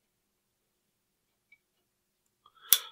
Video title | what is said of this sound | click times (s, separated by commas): The Dragunov Tiger Hunter Carbine | locks in place now | 2.7 s